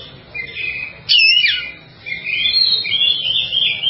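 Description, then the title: Java sparrow song with a sudden loud burst of falling whistled notes, followed by continuous rising and falling high twittering. "kicau gelatik"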